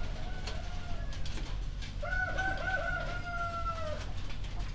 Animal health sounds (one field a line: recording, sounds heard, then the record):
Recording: poultry house recording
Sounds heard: healthy chickens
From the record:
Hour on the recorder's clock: 2